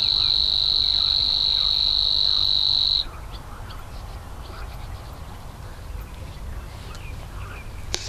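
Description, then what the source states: Savi's warbler reeling song, a steady high mechanical buzz lasting about three seconds then stopping abruptly, followed by quieter background and a click near the end. Recorded at Slatina pond, Prague, Czech Republic, on 16 June 2013, 21:31–21:35 CEST; the species breeds there regularly in several pairs, at least two breeding pairs in 2013.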